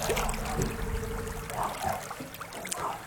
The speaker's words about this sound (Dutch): Vanaf een boot dus in Friesland, een elektrische boot.